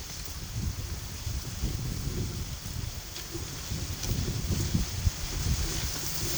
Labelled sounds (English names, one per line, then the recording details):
none
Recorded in pastures near Puerto Asís, Putumayo, Colombia, on 24 March 2025 at 12:30
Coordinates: 0.487, -76.322
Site G077